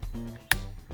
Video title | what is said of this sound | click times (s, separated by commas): Milwaukee Hackzall Unboxing! Model 2420-20. | one little click, self-locking. | 0.5 s